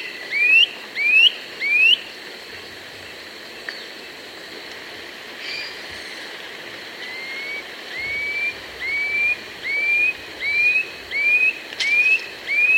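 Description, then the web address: Gray Antwren giving three rising whistles, then after a quiet gap a longer series of about seven soft upward-sweeping notes that grow louder. South America. "Natures Songs S America Gray Antwren"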